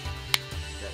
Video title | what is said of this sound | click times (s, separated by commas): Unboxing+Review-Vansky Waterproof floatable case | so then you'll hear it click so | 0.3 s